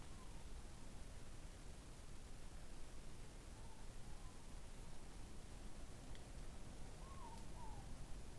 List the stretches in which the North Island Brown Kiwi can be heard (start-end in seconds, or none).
none